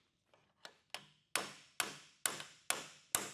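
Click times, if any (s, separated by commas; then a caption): none. Hammer taps drive a splined steel roller pin into a second-generation Camaro car door hinge. A few light taps near 0.3, 0.6 and 0.9 seconds lead into five sharp, ringing metallic blows at 1.4, 1.8, 2.3, 2.7 and 3.2 seconds, each trailing off before the next. The pin has not seated yet by the end of the clip.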